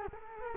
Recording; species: mosquito wingbeat signal from an infrared sensor; Culex quinquefasciatus